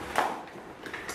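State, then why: Seated. The plastic side clip of a bicycle seat bag is fitted onto the seat rails under the saddle. It snaps in with a sharp, short click at 0.2 s, followed by a fainter tick at 0.9 s, and the clip is seated.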